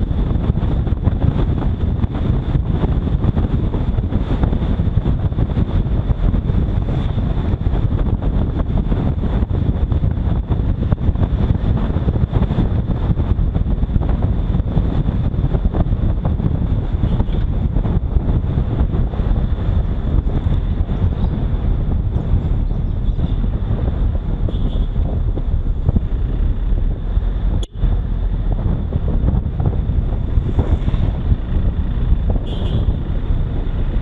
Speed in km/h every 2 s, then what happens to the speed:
63, 63, 62, 60, 59, 59, 57, 56, 53, 50, 47, 45, 43, 41, 37, 30, 24.
0-13 steady at about 60. 13-34 slows to 24.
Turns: none.